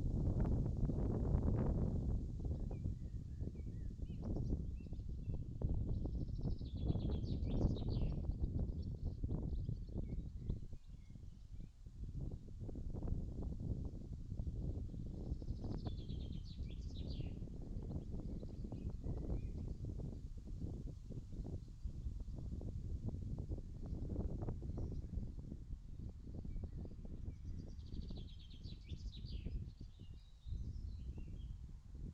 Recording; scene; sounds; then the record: everyday scene through a hearing-aid microphone; wind on the microphone; wind, birds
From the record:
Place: in front of a rural house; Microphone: in the ear canal, left